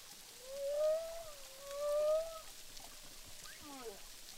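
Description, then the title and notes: Humpback whale song: two long upward-sliding moans in succession, followed by a quick cluster of short downward-sweeping notes. Several humpback whales recorded underwater with a hydrophone at Boucan Canot, Réunion Island, during filming. "humpback whales, boucan canot, ile de la reunion. enregistré avec un hydrophone"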